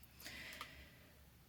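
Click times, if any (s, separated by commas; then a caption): 0.6 s. The plastic extension arm of a Creative Memories 12-inch paper trimmer is folded and snapped into its stowed position, where it is held when the trimmer is not in use or is being transported. A brief rustle of movement starts at 0.2 s, followed by a sharp click at 0.6 s as the arm snaps into place.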